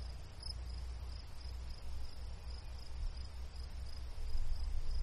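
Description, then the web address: Cricket chirping: high chirps repeated steadily about four times a second over a low rumble. In a meadow. "Manhattan Production Music. Meadow Crickets Birds Crow"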